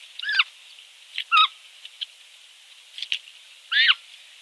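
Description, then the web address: Giant otter pup uttering several short, wavering squeals and clicks in quick succession, set against a steady hissing background. Scream of a giant otter pup. "zvucite na golamata vidra kraskt na edno pile"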